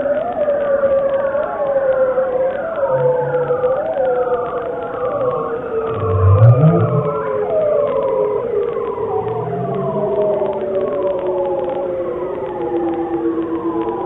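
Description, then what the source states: Bearded seal underwater calls: long, eerie descending glissandos repeated throughout, with deeper moaning sweeps below. Males calling underwater, recorded with a special underwater microphone; low-frequency glissandos used to communicate over huge distances; likened to science fiction sounds or UFOs landing.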